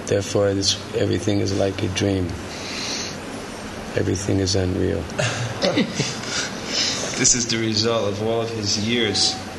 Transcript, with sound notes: Therefore everything is like a dream; everything is unreal. [laughter]
This is the result of all of his years